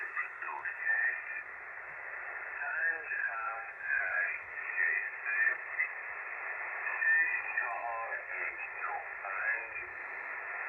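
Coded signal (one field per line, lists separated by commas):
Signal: numbers station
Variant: Farsi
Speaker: It's at uh 7842. And uh let's just have a listen to it.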